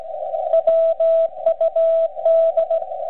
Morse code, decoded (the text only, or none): WUD